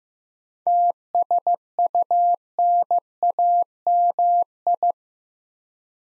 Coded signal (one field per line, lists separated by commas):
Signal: Morse code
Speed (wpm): 16 wpm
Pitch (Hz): 700 Hz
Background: none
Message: TSUNAMI